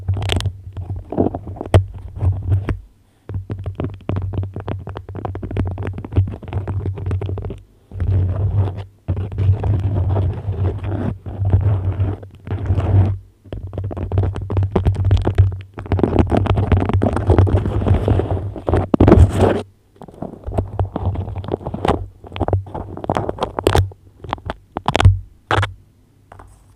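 Beeswax wrap being handled with crinkly scratching and sticky crackles that come in dense bursts of a few seconds, separated by short silences. Sharp taps punctuate the sequence, especially near the end, over a constant low hum.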